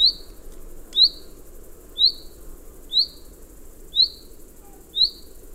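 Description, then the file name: Common chaffinch giving a steady series of short, sharp, upward-sweeping call notes, one roughly every second, against a quiet low rumble. "Fringilla coelebs"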